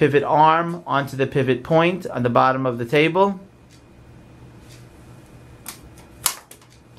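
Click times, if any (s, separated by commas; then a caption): 6.3 s. Someone talks, then the pivot arm of a 3D foot scanner rig is pushed onto the pivot point under the table. It snaps into place with a sharp click at 6.3 seconds, seated easily.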